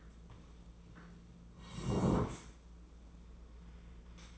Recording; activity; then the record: daily activity, microphone in the room; sit down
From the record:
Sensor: 1